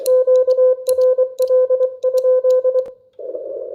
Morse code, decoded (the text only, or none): QRL?